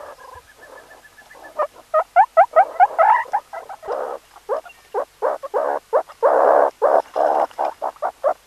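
Meerkat calls: a faint steady tone, then a rapid run of short rising harmonic chirps followed by louder, broader bark-like bursts in an irregular series.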